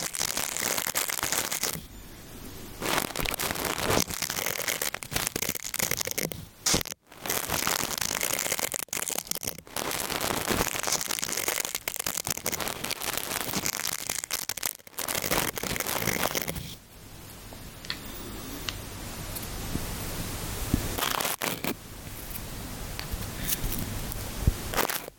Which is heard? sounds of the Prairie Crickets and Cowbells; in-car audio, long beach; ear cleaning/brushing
ear cleaning/brushing